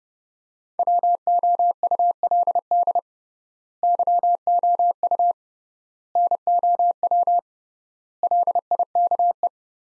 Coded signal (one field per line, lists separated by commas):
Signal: Morse code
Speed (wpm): 30 wpm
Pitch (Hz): 700 Hz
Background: none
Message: WOULD YOU NOW LIKE